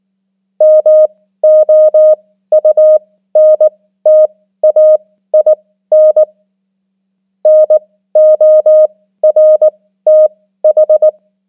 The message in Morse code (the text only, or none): MOUNTAIN NORTH